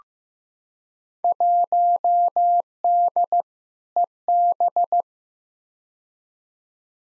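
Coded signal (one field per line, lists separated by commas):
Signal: Morse code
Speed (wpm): 15 wpm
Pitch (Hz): 700 Hz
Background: none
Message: 1D EB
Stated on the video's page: Head-copy drill of randomly selected Field Day exchanges sent at 15 wpm, each sent in Morse, spoken, then sent again.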